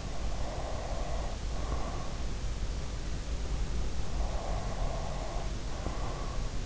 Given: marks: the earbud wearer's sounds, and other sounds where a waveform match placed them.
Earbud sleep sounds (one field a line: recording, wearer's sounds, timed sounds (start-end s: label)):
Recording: sounds in sleep by an in-ear microphone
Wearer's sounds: breath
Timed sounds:
0.20-2.25 s: breath
4.01-6.66 s: breath